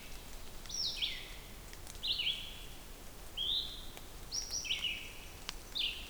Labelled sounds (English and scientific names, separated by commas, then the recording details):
Red-eyed Vireo (Vireo olivaceus) song
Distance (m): 35 m
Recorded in boreal forest in Alberta, Canada, on 2 June 2016 at 07:52
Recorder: SongMeter 3, array SBT-3-7
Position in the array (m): 74 m, 141 m